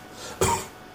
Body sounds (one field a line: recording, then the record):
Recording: coughing mixed with background sound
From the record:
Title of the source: Mid-morning Winter Coughing Fit